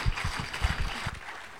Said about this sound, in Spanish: Dele un aplauso al Señor grande. Give him a round of applause, Lord.